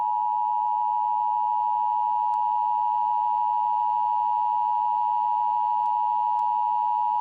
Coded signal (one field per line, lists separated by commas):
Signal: Emergency Alert System (SAME) tones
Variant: 853 and 960 Hz attention tone